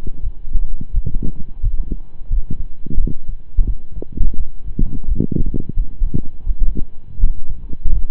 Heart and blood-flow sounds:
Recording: heart sounds by stethoscope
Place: between the tricuspid and mitral areas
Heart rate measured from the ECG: 86 bpm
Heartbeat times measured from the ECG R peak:
0.21 s: heartbeat
0.91 s: heartbeat
1.60 s: heartbeat
2.28 s: heartbeat
2.95 s: heartbeat
3.63 s: heartbeat
4.34 s: heartbeat
5.05 s: heartbeat
5.74 s: heartbeat
6.44 s: heartbeat
7.17 s: heartbeat
7.90 s: heartbeat
From the record:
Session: slow and fast walking with breaks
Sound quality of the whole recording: saturated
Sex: male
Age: 25 years

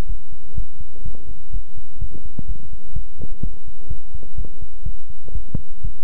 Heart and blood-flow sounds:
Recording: heart sounds by stethoscope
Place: between the tricuspid and mitral areas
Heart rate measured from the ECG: 125 bpm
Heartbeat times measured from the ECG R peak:
0.06 s: heartbeat
0.54 s: heartbeat
1.02 s: heartbeat
1.51 s: heartbeat
1.99 s: heartbeat
2.46 s: heartbeat
2.93 s: heartbeat
3.41 s: heartbeat
3.88 s: heartbeat
4.35 s: heartbeat
4.83 s: heartbeat
5.32 s: heartbeat
5.82 s: heartbeat
From the record:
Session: pedaling a stationary bicycle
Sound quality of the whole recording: good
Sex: male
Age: 24 years

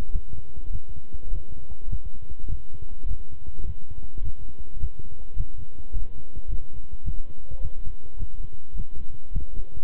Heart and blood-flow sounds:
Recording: heart sounds by stethoscope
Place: between the tricuspid and mitral areas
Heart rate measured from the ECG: 104 bpm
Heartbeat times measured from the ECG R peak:
0.10 s: heartbeat
0.70 s: heartbeat
1.30 s: heartbeat
1.88 s: heartbeat
2.47 s: heartbeat
3.06 s: heartbeat
3.64 s: heartbeat
4.22 s: heartbeat
4.79 s: heartbeat
5.35 s: heartbeat
5.92 s: heartbeat
6.48 s: heartbeat
7.03 s: heartbeat
7.60 s: heartbeat
8.17 s: heartbeat
8.74 s: heartbeat
9.31 s: heartbeat
From the record:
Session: walking at 3.7 km/h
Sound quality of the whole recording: good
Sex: male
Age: 26 years

